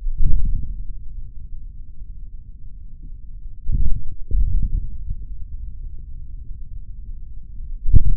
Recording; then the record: forearm muscle sounds (acoustic myography)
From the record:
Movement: hand closing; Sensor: system 3, bracelet of six PUI Audio POM-2738L microphones around the upper forearm, with dedicated amplification and filtering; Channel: 6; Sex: male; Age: 26 years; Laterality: right